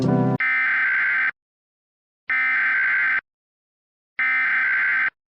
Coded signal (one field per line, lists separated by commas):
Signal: Emergency Alert System (SAME) tones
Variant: header bursts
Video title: Required Monthly Test An EAS Mock